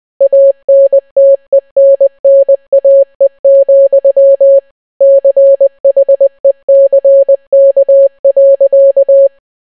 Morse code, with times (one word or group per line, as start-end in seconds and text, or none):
0.2-4.6 ANTENNAE,
5.0-9.3 CHECK.